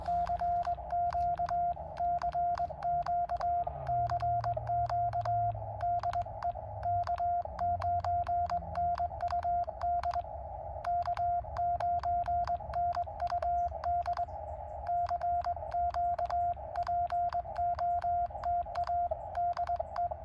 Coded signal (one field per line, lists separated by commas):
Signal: Morse code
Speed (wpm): 21 wpm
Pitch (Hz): 690 Hz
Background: radio noise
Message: CQ CQ CQ DE K9NUD K9NUD CQ POTA DE